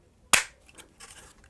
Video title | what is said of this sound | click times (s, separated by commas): Satan's Pit Helmet Parts Assembly | very satisfying click | 0.3 s